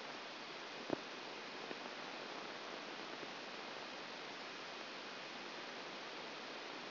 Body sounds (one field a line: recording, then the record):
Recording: brain microelectrode recording played as sound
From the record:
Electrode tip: outside the subthalamic nucleus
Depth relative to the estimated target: -2 mm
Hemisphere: left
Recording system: AlphaMap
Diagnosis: Parkinson's disease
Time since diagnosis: 10 years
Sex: female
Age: 63 years